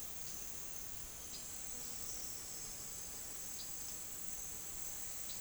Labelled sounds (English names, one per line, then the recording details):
none
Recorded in pastures near Puerto Asís, Putumayo, Colombia, on 22 June 2025 at 11:00
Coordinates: 0.466, -76.322
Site GP07